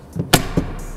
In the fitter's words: give a little click down